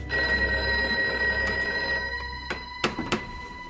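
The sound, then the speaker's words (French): An old telephone bell rings at the Palais de Villamejor in a steady, shrill metallic peal with layered high tones, broken near the end by a few sharp clicks. No one speaks. “Palais de Villamejor, le téléphone sonne.”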